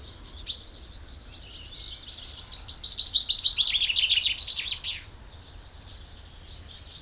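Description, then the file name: Common chaffinch song: a single loud phrase of rapid chipping notes, set against faint high twittering. "Fringilla coelebs"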